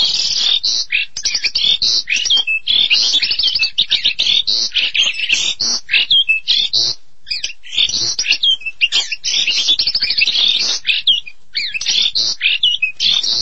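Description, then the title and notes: Starling song: continuous rapid medley of scratchy chatters, clicks and short whistles, barely pausing throughout. "suara burung jalak"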